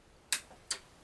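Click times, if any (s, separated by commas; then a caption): 0.3 s. The stainless steel ASA on/off lever of a DLX Luxe Idol paintball marker's air source adapter, made thicker and shorter than before and steel instead of aluminum so it won't snap off, is swung through its 180-degree travel into its detent. A sharp, bright tick at 0.3 s marks the lever popping right into place and seating, followed by a second, softer tick at 0.7 s.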